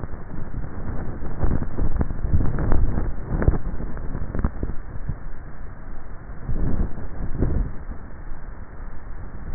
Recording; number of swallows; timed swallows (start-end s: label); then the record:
swallowing sounds by neck microphone; 3
1.20-2.00 s: swallow
2.10-2.87 s: swallow
6.60-7.13 s: swallow
From the record:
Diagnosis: dysphagia